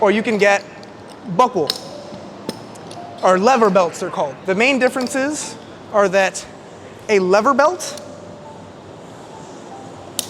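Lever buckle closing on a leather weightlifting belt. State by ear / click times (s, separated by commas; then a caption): seated / 10.2 s. Someone talks while closing the metal lever buckle on a leather weightlifting belt. A sharp snap is heard at 10.2 s as the lever belt buckle snaps shut and seats into place.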